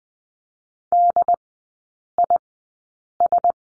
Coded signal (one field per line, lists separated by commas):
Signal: Morse code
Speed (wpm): 20 wpm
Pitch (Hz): 700 Hz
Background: none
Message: DIS